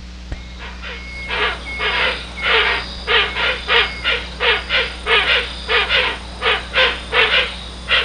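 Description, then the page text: Hoatzin series of rough, wheezing croaks in a steady, evenly spaced run, with a thin whistled note early on and a low hum. "Гоацин - Hoatzin (Opisthocomus hoazin)"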